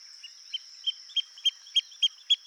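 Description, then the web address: Pearl kite giving eight short, high piping notes that start soft and grow louder, with a constant high-pitched drone behind. "sound Pearl-kite. صدای پرنده کورکور مرواریدی"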